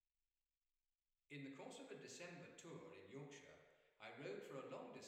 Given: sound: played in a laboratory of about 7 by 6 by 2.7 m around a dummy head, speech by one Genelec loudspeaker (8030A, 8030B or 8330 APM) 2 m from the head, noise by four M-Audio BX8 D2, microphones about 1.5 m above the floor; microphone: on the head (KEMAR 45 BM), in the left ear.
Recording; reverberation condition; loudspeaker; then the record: male speech in English; high; 60 degrees to the left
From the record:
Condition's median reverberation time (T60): about 1300 ms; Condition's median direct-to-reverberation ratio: about -4.0 dB